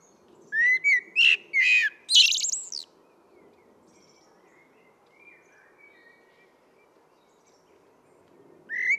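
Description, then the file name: Common blackbird song phrase of mellow whistles ending in a shrill high screech, then a long near-silent stretch before another phrase begins. "Turdus merula"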